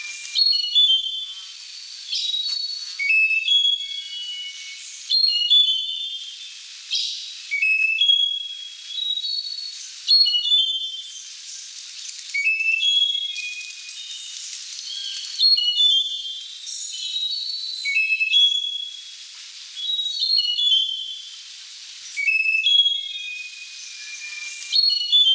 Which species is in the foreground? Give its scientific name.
Catharus fuscater